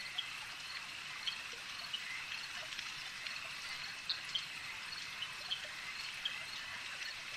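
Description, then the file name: Insect chorus buzzing steadily at a high pitch, dense and unbroken, with occasional sharper ticks and chirps popping out. Insect swarm ambience. "Elijah Wagner - Relaxing Insect Swarm Ambience"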